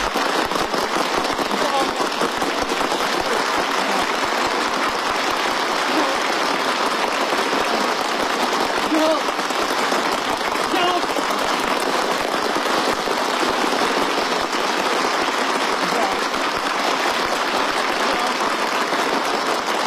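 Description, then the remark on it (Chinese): Enthusiastic applause from a large group of base officers and soldiers, all standing, greeting Xi Jinping in a hall at a base preparing the Beidou-3 satellite launch, a dense, steady wash of clapping that stays loud and even for the full twenty seconds, with no pauses or distinct voices rising above it. “看到习主席到来，大家非常激动，全体起立，报以热烈掌声。”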